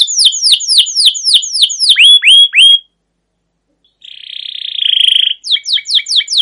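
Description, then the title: Canary song with a fast string of falling chirps, a pause of about a second, a rolling trill, then renewed quick sweeping notes. Canary's long rolling trilled song, used as a lure to stimulate other canaries to sing. "CUIT CUIT NGEROL LANGSUNG GACOR PANJANG Kenari Ini AMPUH Utk Pancingan KENAR. Suara Burung Kenari Gacor Panjang cuit cuit Ngerol untuk Pancingan Kenari"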